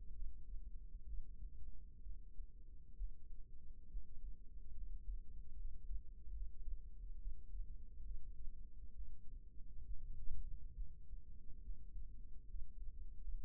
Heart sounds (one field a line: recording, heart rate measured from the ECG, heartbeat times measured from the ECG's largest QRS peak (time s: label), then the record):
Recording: heart sounds by microphone in the right ear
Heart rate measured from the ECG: 69 bpm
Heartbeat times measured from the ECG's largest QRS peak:
0.14 s: heartbeat
1.06 s: heartbeat
2.02 s: heartbeat
2.96 s: heartbeat
3.89 s: heartbeat
4.74 s: heartbeat
5.55 s: heartbeat
6.32 s: heartbeat
7.18 s: heartbeat
8.02 s: heartbeat
8.94 s: heartbeat
9.85 s: heartbeat
10.74 s: heartbeat
11.61 s: heartbeat
12.46 s: heartbeat
13.20 s: heartbeat
From the record:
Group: healthy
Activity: rest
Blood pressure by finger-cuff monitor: 136/66 mmHg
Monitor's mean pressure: 90 mmHg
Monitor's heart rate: 67 bpm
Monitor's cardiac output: 6.8 L/min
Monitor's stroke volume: 100 mL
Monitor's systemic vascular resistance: 970 dyn s/cm5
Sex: female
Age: 37 years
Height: 168 cm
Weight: 70 kg